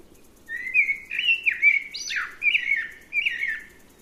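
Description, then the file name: Eurasian blackbird warbling a rich run of fluty whistled notes, with one sharp downward-swooping note in the middle, against faint low rumble. "Turdus merula"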